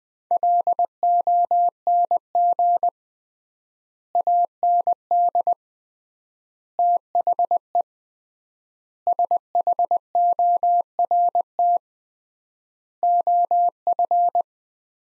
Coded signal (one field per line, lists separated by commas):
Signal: Morse code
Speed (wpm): 20 wpm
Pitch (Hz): 700 Hz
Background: none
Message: LONG AND THE SHORT OF